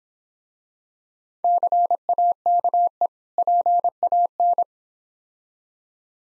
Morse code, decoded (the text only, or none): CAKE PAN